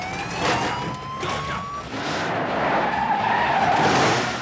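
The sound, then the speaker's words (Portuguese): A car slides through a high-speed handbrake turn, its tires letting out a long, loud, high-pitched squeal over a steady roar of engine and road noise, with no one speaking. “Ele vai levar um tempinho para se tocar que está prestes a dar um cavalo de pau em alta velocidade.”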